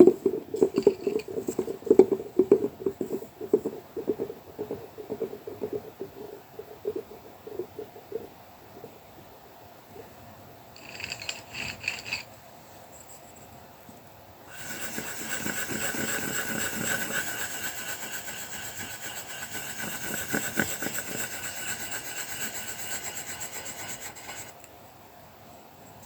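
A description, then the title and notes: Colouring pencil strokes on paper open with busy, uneven scratching and rubbing that thins out by eight seconds. A brief bright patch of scratching comes near eleven seconds, then from about fifteen to twenty-five seconds a steadier, denser hiss of fast circular shading runs before stopping. Sounds of colouring pencil work and paper massage. Colouring the soft, circular puffs of sheep’s wool, with some wobbles thrown.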